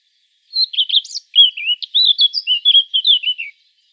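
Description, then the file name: Eurasian blackcap song: a rapid three-second warble of varied chirps and fluty notes, mostly mid-high pitched, over a silent background. "Sylvia atricapilla"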